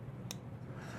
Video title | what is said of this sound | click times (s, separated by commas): Review/impressions of the Ti Spyderco Slysz Bowie… a very cool Spyderco indeed! | all right it's not super Snappy but | 0.3 s